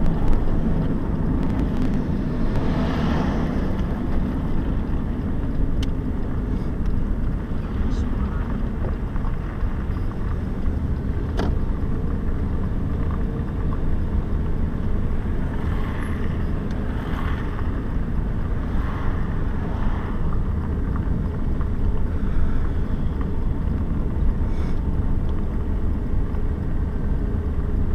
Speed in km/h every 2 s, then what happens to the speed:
46, 45, 32, 28, 25, 30, 31, 31, 27, 25, 26, 29, 30, 24.
2-7 brakes to 25. 14-24 steady at about 27. 24-28 slows to 24.